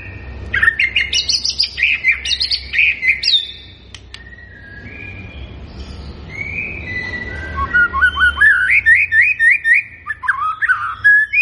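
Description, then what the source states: White-rumped shama song, rapid varied whistles and chattering trills, a short pause, then rising whistled notes repeated quickly in series. Lure recording of an actively singing bird, meant to make birds that hear it respond at once.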